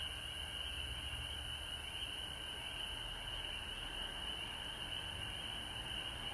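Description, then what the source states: Dense chorus of frogs, a continuous shrill pulsing trill with a softer lower band, steady hiss and low rumble underneath. Recorded at home in Georgia on March 19, 2020.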